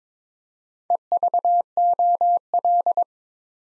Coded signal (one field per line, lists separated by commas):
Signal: Morse code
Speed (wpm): 22 wpm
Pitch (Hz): 700 Hz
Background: none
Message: EVOL